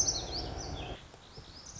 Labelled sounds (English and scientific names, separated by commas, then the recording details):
Lazuli Bunting (Passerina amoena)
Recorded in Sonoma County, California